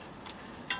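A plastic electrical plug on the vehicle speed sensor under the vehicle is unlatched for removal by pulling down on its locking tab. A faint tick at 0.3 s comes before a sharp, bright click at 0.7 s as the tab releases, over a steady low background hiss.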